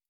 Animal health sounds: hydrophone in a shrimp aquaculture tank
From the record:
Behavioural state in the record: stressed

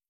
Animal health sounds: hydrophone in a shrimp aquaculture tank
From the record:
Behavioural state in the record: feeding

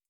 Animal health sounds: hydrophone in a shrimp aquaculture tank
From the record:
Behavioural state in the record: starved

